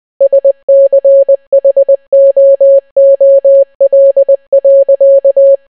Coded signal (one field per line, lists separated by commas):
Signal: Morse code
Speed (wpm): 20 wpm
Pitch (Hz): 550 Hz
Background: none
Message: SCHOOL.